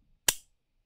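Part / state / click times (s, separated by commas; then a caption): microcontroller board into motor driver board edge connector / seated / 0.3 s. A micro:bit board is pushed gently into the edge connector slot of a motor driver board. It seats with a single sharp, satisfying click at 0.3 s that fades quickly into silence. The board is now fully seated.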